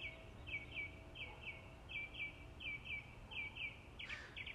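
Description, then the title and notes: Birdsong of paired bright chirps, repeated rapidly, with a short burst of noise near the end. Birds singing in the morning. "birds 🐦 singing. Good Morning"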